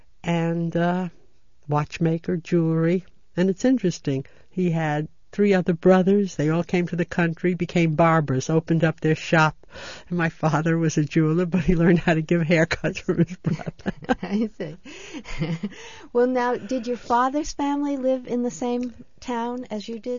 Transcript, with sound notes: And watchmaker, jewelry, and it's interesting, he had three other brothers, they all came to the country, became barbers, opened up their shop. And my father was a jeweler but he learned how to give haircuts for his brother. ( she laughs )
I see. Well, now, did your father's family live in the same town as you did?